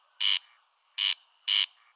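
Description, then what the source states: Corncrake call: three harsh, buzzy rasps over a quiet background. Heard in floodplains that flood every year; calls especially when there is no wind, sometimes in flight; the voice sounds eerie and carries about a kilometre.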